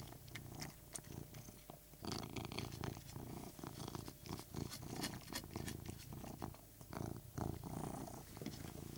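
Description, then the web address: Persian cat purring, a steady low rumble overlaid with frequent wet clicks and smacking sounds of eating. Persian cat purring while eating. "BBC Cats BBC"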